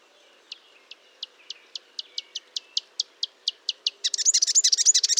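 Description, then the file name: Marsh warbler song: a steady series of sharp ticking notes, then an abrupt burst of loud, rapid buzzy chattering. Recorded at Fontaine-Française, France, on 1 June 2022 at 10:55 using a Nagra recorder with a Telinga parabolic microphone. "Rousserolle verderolle 20220601 1055 Fontaine-Francaise-Fourneau"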